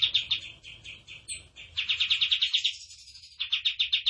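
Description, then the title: Tembakan bird song: runs of rapid high chirps with brief breaks, one run faster and steadier. Captive cage bird singing in the lively, chatty 'gacor' style; master song for training cage birds. "Masteran Burung Tembakan Gacor"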